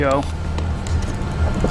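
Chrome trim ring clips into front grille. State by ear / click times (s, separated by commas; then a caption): seated / 0.6 s, 0.9 s. The chrome trim ring's plastic clips are pushed by hand into the front bumper grille of a 2014-2015 Jeep Grand Cherokee while someone talks. Two sharp snaps are heard at 0.6 s and 0.9 s as the ring seats fully home in the grille.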